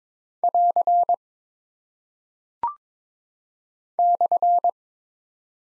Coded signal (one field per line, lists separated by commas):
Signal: Morse code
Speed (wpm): 22 wpm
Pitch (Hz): 700 Hz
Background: none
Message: <AR> /